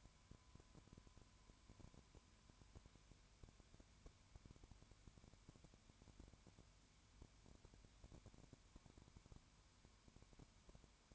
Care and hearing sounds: daily activity, microphone in the room; no activity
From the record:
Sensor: 2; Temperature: 20.0 degrees Celsius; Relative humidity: 32.1%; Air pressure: 1001.1 hPa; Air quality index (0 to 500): 55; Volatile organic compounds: 1 ppm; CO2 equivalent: 605 ppm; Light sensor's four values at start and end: 2/3/2/2 and 2/3/2/2

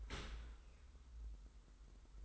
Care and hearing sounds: daily activity, microphone in the room; open dishwasher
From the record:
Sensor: 3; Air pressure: 990.5 hPa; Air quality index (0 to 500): 195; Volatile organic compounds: 1000 ppm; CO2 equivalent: 6385 ppm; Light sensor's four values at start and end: 40/94/38/36 and 40/94/38/36

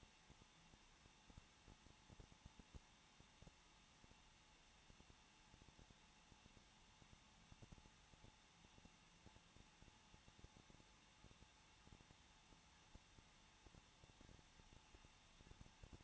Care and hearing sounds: daily activity, microphone in the room; no activity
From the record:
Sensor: 1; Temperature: 20.1 degrees Celsius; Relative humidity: 39.4%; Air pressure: 1006.3 hPa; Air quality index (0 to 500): 219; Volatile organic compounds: 82 ppm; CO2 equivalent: 3621 ppm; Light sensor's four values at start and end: 1/2/1/1 and 1/2/1/1

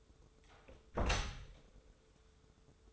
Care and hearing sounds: daily activity, microphone in the room; close door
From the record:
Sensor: 3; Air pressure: 1015.2 hPa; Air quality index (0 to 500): 176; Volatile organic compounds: 16 ppm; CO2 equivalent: 2527 ppm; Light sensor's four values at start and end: 16/41/16/17 and 16/40/16/17

